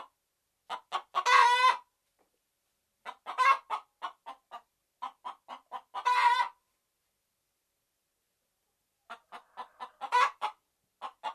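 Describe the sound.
Red junglefowl clucking in short bursts with several harsh, drawn-out squawks, separated by quiet gaps.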